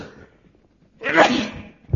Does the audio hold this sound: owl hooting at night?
no